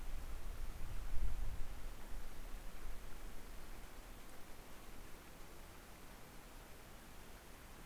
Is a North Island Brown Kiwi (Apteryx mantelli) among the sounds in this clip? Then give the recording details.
no. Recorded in New Zealand on 2 November 2013. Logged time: 20:59. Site CV71